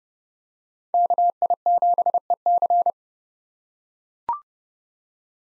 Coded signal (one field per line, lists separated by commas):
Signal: Morse code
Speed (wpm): 32 wpm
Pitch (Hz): 700 Hz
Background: none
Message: KI7EC